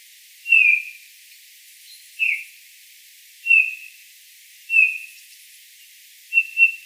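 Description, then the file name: Eurasian bullfinch calls: soft, slightly descending piping whistles given about every one and a half seconds, five in all, the last one doubled. "Pyrrhula pyrrhula"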